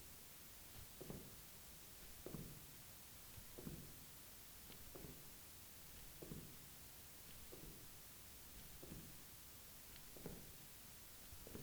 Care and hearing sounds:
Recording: daily activity, guitar pickup as the sensor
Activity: jump

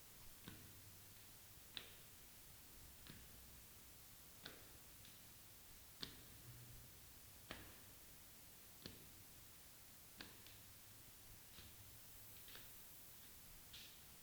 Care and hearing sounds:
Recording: daily activity, guitar pickup as the sensor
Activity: go upstairs

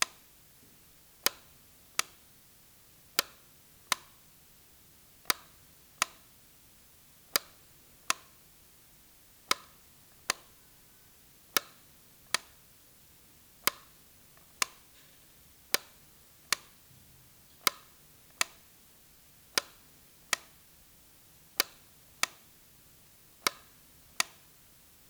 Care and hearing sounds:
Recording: daily activity, guitar pickup as the sensor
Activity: operate light

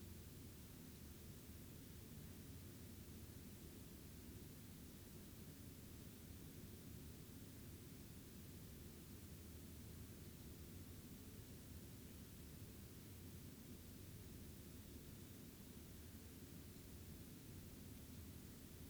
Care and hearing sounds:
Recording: daily activity, guitar pickup as the sensor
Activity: lie down

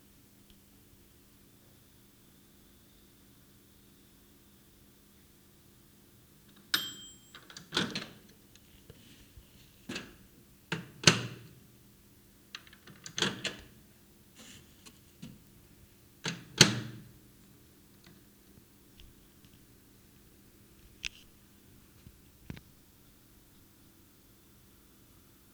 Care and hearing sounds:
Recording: daily activity, guitar pickup as the sensor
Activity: use microwave

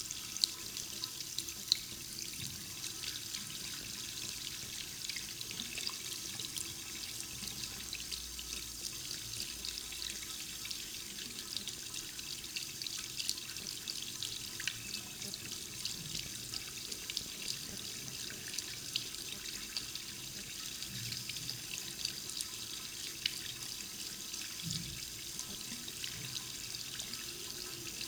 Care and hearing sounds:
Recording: daily activity, guitar pickup as the sensor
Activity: wash hands

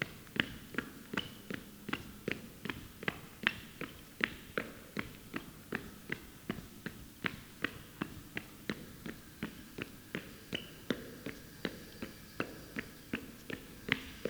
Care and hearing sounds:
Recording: daily activity, guitar pickup as the sensor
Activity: run

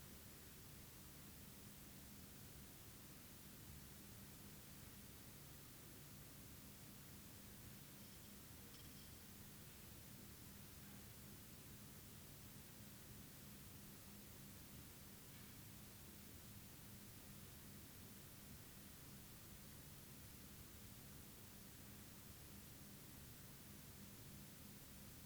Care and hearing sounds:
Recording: daily activity, guitar pickup as the sensor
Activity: stand

